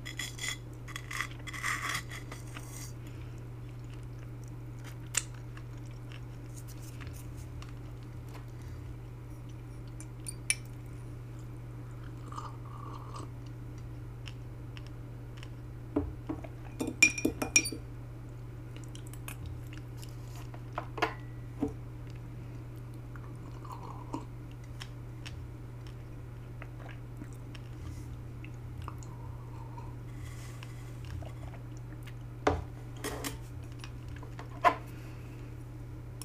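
Someone eats buttered toast, with sparse crunchy bites, soft chewing and occasional light clinks of dishes. A steady low hum runs underneath throughout, and the louder crunching clusters come near the start, middle and end.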